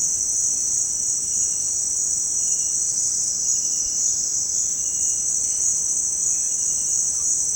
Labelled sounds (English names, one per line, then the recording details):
none
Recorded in dense forest near Puerto Asís, Putumayo, Colombia, on 20 February 2024 at 07:30
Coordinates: 0.472, -76.329
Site G6394